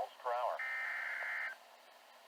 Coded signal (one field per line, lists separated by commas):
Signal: Emergency Alert System (SAME) tones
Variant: header bursts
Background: speech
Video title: EAS #56- First GSP Severe Thunderstorm Watch